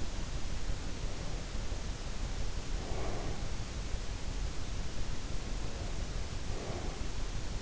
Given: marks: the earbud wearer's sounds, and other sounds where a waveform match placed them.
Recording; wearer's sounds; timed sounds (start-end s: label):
sounds in sleep by an in-ear microphone; breath
0.80-3.81 s: breath
5.33-7.62 s: breath